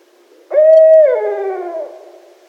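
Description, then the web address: Single loud barred owl hoot, a clear held tone that drops sharply in pitch and tapers into a long descending trail. Recorded 1 December 2011. "Barred Owl 2011 12 01"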